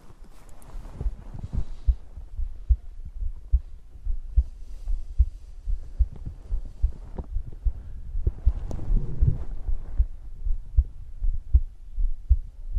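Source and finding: Heart heard through the chest. Normal heartbeat.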